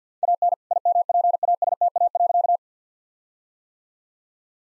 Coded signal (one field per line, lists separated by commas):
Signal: Morse code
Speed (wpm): 50 wpm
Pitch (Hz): 700 Hz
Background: none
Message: AN IMPASTA.